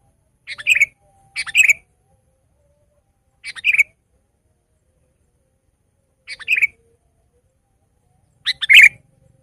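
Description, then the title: Sooty-headed bulbul uttering brief liquid chirped phrases, five spaced bursts separated by pauses. "kutilang"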